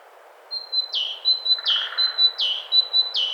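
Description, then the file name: Great tit singing a steady run of paired notes, a sustained high whistle followed by a sharp downward slur, repeated four times. "Parus major"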